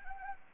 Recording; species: mosquito wingbeat signal from an infrared sensor; Anopheles arabiensis